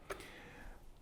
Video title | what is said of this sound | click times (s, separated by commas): Arc Flash & Industrial Face Shields Compatible w/ Malta Dynamics Apex® Safety Helmets | this is designed to be able to slip on snaps into place and | 0.1 s